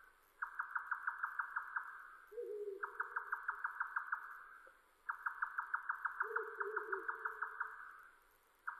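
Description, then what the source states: Grey nightjar song: fast trains of clipped repeated notes in bursts of one to three seconds, with a lower harsh, drawn-out sound twice. Recorded 7 May 2005.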